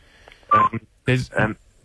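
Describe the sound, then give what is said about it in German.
Short electronic beeps on a phone line, a few brief steady tones clustered together alongside voice-like bursts, fairly loud over a faint hiss. “Es piepst aber.”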